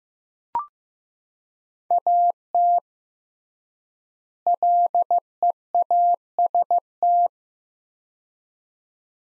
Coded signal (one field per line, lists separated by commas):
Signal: Morse code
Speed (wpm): 15 wpm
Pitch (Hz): 700 Hz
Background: none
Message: AT LEAST